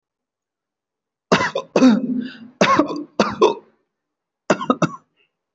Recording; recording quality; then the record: heavy voluntary cough; excellent, no background noise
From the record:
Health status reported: healthy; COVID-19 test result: negative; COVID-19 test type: RT-PCR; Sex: male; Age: 23 years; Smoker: no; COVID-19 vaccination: one dose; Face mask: not worn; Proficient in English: yes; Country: India